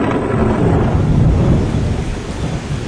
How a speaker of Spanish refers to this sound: Pero una tarde empezó a llover.